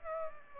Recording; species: mosquito wingbeat signal from an infrared sensor; Aedes aegypti